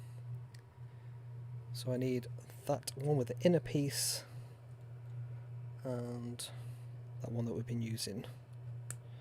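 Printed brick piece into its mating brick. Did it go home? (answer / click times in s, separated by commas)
yes / 8.9 s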